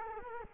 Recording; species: mosquito wingbeat signal from an infrared sensor; Culex quinquefasciatus